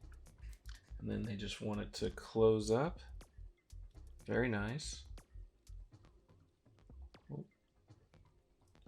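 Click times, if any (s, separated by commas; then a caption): none. Two halves of a plastic HG Gouf Gundam model kit part are handled and brought together by hand while someone talks and background music plays. Soft handling taps and light plastic ticks are heard between the speech. Nothing has seated or snapped together yet.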